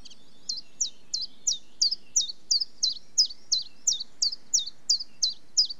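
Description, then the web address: Chiffchaff repeating its sharp, see-sawing chiff-chaff notes steadily at roughly three per second throughout, with a low breezy hiss behind. In Britain, on a slightly windy day. "Complete 60 CDs Collection Sound Effects Library. Chiffchaff"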